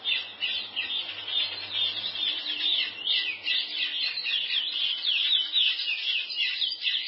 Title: Canto De Curio